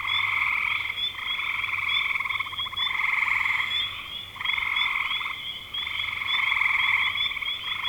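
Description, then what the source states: Frogs in chorus, overlapping pulsed trills swelling and pausing in uneven waves, with several callers at once. Recorded in spring 2025.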